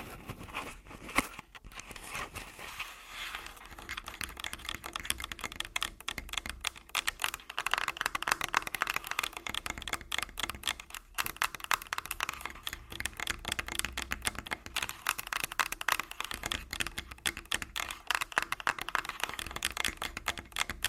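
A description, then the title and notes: Tapping and scratching on a body, with a steady, busy stream of small dry scrapes and crackly taps running the full length. The sound sits in the bright middle range, with brief quieter gaps near 3 and 11 seconds and a faint low rumble underneath. ASMR Tascam Full Body Tapping & Scratching (No Talking).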